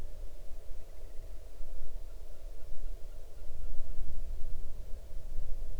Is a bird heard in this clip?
yes